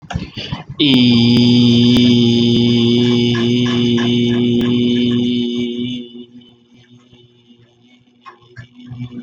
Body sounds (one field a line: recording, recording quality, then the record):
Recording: sustained vowel as in beet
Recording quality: excellent, no background noise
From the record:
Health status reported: healthy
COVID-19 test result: not tested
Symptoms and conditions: none ticked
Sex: male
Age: 22 years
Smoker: not ticked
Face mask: worn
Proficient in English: yes